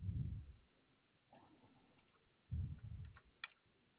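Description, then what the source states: Koala deep grunts, a low rumbling pulse at the start and another pair about two and a half seconds later, with faint ticks. Recorded 6 2 2021.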